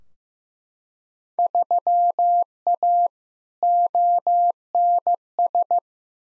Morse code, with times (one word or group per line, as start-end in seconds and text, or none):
1.4-3.1 3A
3.6-5.8 ONS